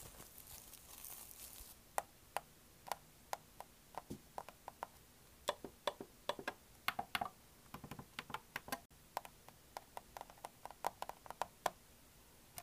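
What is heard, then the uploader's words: Slow, gentle trigger sounds: soft taps and clicks arrive one at a time at an unhurried, irregular pace, clustering more closely around the middle. Each tap is sharp, with a faint hollow knock to some. A brief airy hiss opens the recording. 𝙰𝚂𝙼𝚁 || 𝚜𝚕𝚘𝚠 𝚊𝚗𝚍 𝚐𝚎𝚗𝚝𝚕𝚎 𝚝𝚛𝚒𝚐𝚐𝚎𝚛𝚜.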